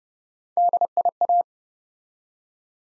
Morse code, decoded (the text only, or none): DIA